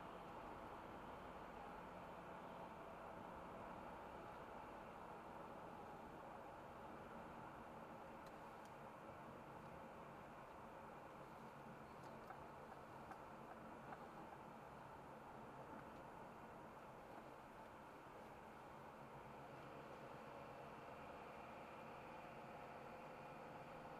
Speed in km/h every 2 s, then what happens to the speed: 68, 66, 65, 63, 62, 60, 59, 59, 58, 57, 58, 58.
0-10 slows to 60. 10-24 steady at about 58.